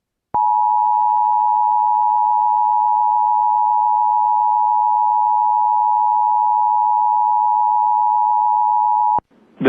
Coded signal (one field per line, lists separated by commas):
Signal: Emergency Alert System (SAME) tones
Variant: 853 and 960 Hz attention tone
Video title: Upland South, Anyone? | EAS Alerts from May 7th, 2023 (EAS #2483-2508)